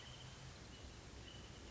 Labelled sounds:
Wrentit (Chamaea fasciata)
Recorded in Sonoma County, California

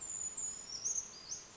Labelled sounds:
Brown Creeper (Certhia americana)
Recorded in Sonoma County, California

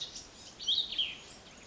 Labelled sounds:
Cassin's Vireo (Vireo cassinii)
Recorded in Sonoma County, California

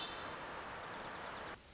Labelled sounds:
Hermit Thrush (Catharus guttatus)
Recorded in Sonoma County, California

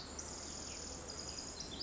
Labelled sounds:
Pacific Wren (Troglodytes pacificus)
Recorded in Sonoma County, California

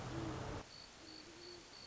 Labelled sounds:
Great Horned Owl (Bubo virginianus)
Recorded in Sonoma County, California

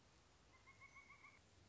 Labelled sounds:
Pileated Woodpecker (Dryocopus pileatus)
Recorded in Sonoma County, California

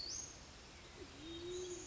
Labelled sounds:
Band-tailed Pigeon (Patagioenas fasciata)
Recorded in Sonoma County, California

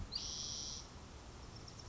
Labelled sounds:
Spotted Towhee (Pipilo maculatus)
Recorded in Sonoma County, California

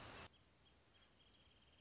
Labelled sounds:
Wrentit (Chamaea fasciata)
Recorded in Sonoma County, California

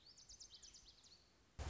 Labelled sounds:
Lazuli Bunting (Passerina amoena)
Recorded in Sonoma County, California

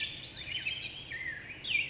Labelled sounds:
California Towhee (Melozone crissalis)
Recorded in Sonoma County, California

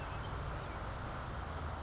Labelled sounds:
California Towhee (Melozone crissalis)
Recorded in Sonoma County, California

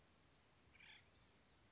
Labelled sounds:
Acorn Woodpecker (Melanerpes formicivorus)
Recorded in Sonoma County, California

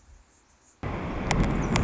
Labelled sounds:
Anna's Hummingbird (Calypte anna)
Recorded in Sonoma County, California

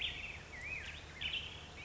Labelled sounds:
Black-headed Grosbeak (Pheucticus melanocephalus)
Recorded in Sonoma County, California

